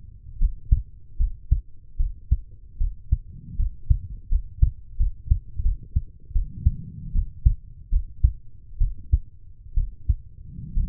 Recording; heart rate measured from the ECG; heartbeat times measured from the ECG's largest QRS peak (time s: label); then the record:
heart sounds by stethoscope; 75 bpm
0.39 s: heartbeat
1.17 s: heartbeat
1.97 s: heartbeat
2.78 s: heartbeat
3.56 s: heartbeat
4.29 s: heartbeat
4.97 s: heartbeat
5.62 s: heartbeat
6.33 s: heartbeat
7.13 s: heartbeat
7.90 s: heartbeat
8.78 s: heartbeat
9.74 s: heartbeat
10.74 s: heartbeat
From the record:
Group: healthy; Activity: rest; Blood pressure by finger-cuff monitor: 108/68 mmHg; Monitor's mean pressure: 80 mmHg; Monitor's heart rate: 76 bpm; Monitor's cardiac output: 5.9 L/min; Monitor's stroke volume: 78 mL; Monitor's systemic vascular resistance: 940 dyn s/cm5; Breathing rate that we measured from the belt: 17 breaths a minute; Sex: female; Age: 23 years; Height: 160 cm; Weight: 50.4 kg